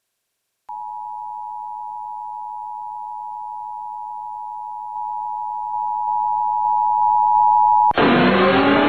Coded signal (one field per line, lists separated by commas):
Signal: Emergency Alert System (SAME) tones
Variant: 853 and 960 Hz attention tone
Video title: EAS Stuff: Amber Alert for Texas on WTSD IP